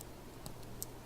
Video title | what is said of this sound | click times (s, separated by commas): 3 Tiered Earring | it into that loop heard it click it's in and let's | 0.8 s